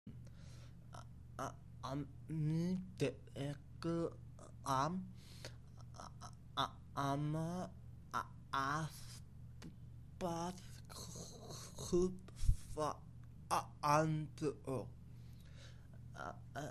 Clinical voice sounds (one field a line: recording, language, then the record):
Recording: elicited speech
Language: Bengali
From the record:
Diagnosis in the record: Broca's or global aphasia after a stroke